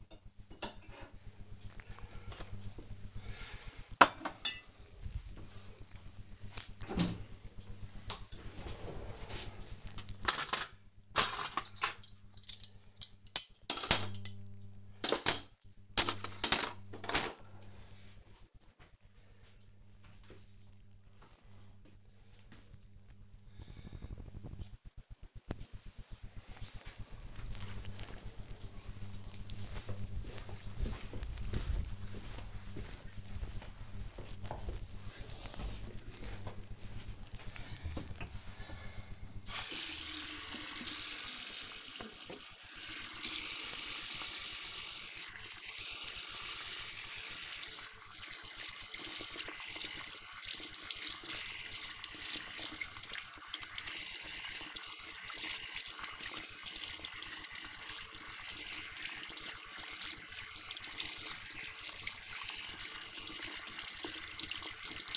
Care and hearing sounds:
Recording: household activities, microphone on the right wrist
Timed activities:
0.00-17.43 s: putting away the dishes
37.61-65.17 s: washing hands

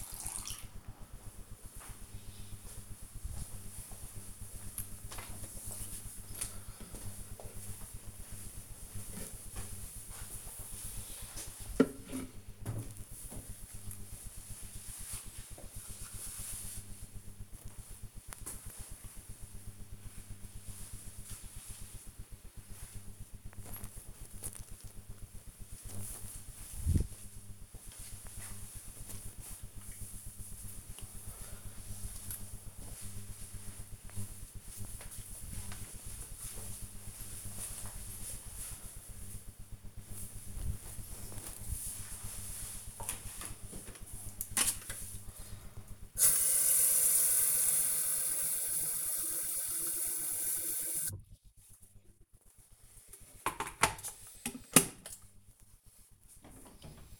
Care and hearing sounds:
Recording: household activities, microphone on the right wrist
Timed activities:
0.00-4.80 s: watering plant
43.12-57.20 s: making tea

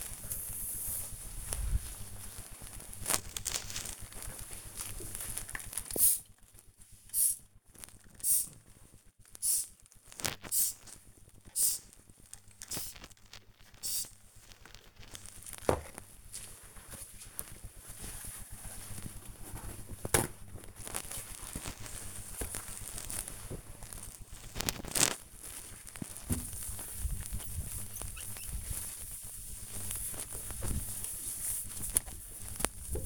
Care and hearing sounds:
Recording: household activities, microphone on the right wrist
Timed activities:
1.67-33.06 s: window cleaning

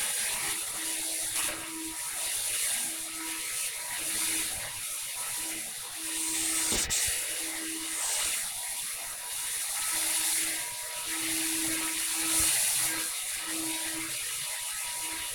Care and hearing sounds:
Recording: household activities, microphone on the right wrist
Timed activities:
0.00-15.35 s: vacuum cleaning

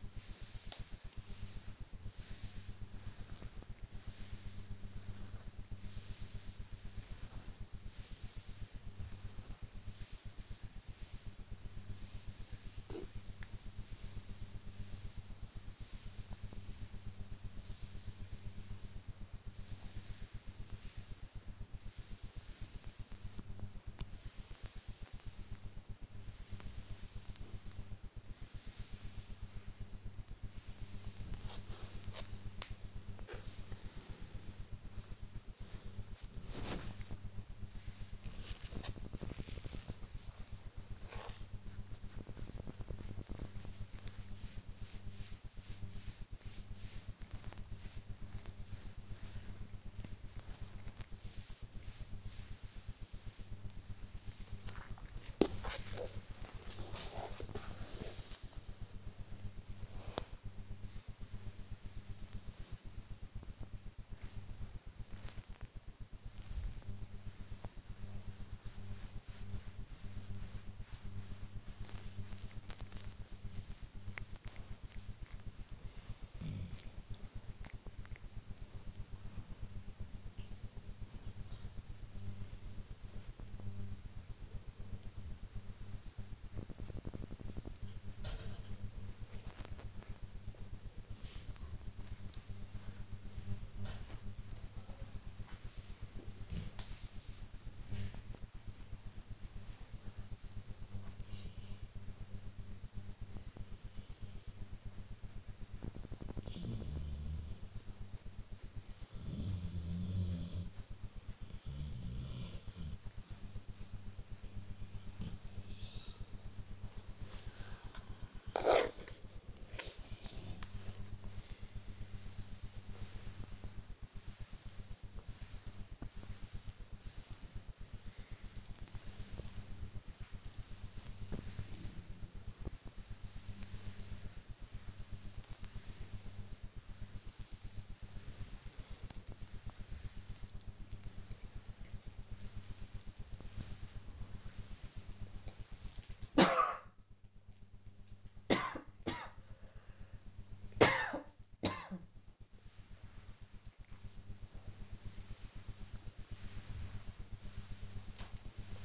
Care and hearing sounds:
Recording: household activities, microphone on the right wrist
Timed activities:
0.00-89.12 s: petting the dog
94.16-148.68 s: petting the dog
152.70-158.85 s: petting the dog

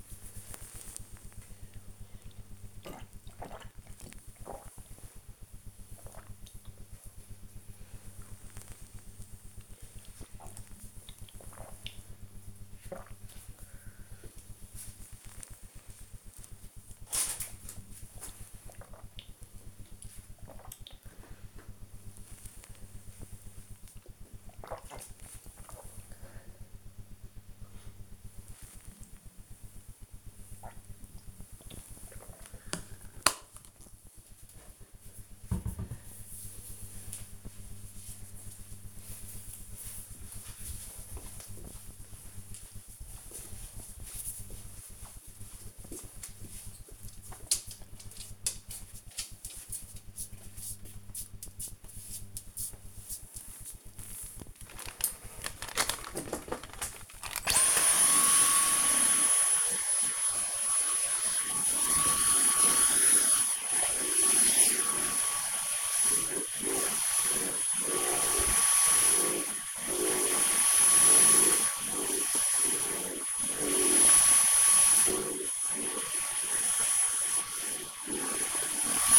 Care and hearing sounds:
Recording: household activities, microphone on the right wrist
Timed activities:
0.00-31.74 s: drinking
54.83-79.19 s: vacuum cleaning

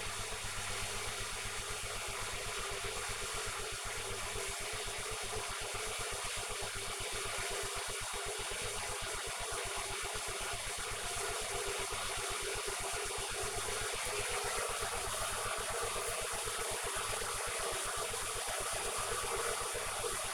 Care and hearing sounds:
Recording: household activities, microphone on the right wrist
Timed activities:
0.00-20.34 s: making tea

